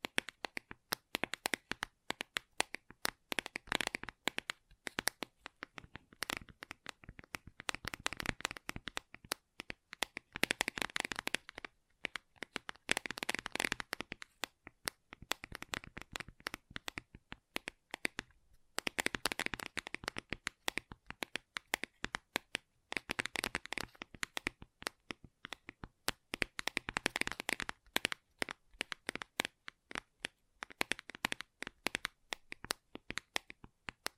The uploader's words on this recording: ASMR Gentle Tapping You Will Fall Asleep To (No Talking).